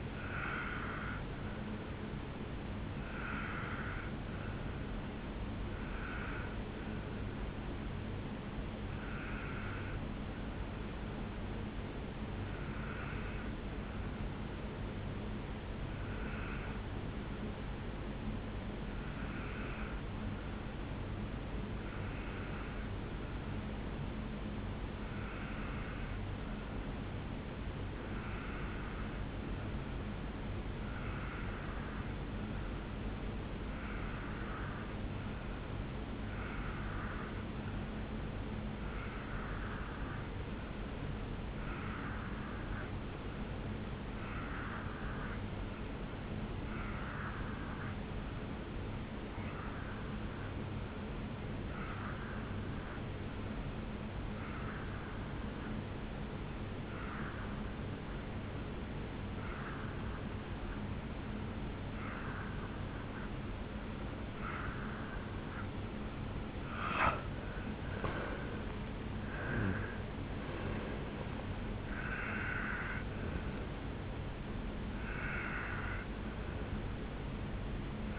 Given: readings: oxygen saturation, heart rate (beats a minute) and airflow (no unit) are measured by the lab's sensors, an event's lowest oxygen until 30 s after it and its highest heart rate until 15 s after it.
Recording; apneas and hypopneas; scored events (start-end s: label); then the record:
breathing in sleep by a voice recorder at the bedside; 1
10.00-66.80 s: obstructive apnea (N1, oxygen 96% highest, then 87% lowest, heart rate 60 at the start, 77 highest)
18.00-78.19 s: new sleep stage, N2 (light sleep)
From the record:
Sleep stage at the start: N1 (lightest sleep); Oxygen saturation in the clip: 87 to 96%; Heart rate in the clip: 60 to 77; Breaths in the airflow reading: 4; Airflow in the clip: -7.2 to 5.2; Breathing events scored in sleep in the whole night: 449 in 7.0 hours asleep